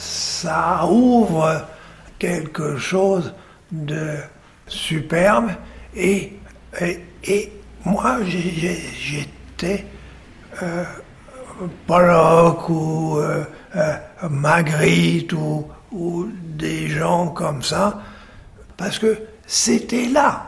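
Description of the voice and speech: A man speaks French haltingly, with long pauses, a repeated syllable and broken phrasing. This fits aphasia after a left-hemisphere stroke about two years earlier. His syntax is damaged, vocabulary is missing and words get stuck. He is relearning language in speech therapy.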